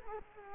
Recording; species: mosquito wingbeat signal from an infrared sensor; Culex quinquefasciatus